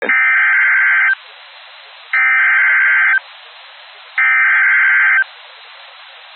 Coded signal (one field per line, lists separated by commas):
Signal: Emergency Alert System (SAME) tones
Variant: header bursts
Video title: Severe Thunderstorm Warning (Catawba, Iredell, Lincoln, Rowan Counties, NC (8/18/24) [EAS #14]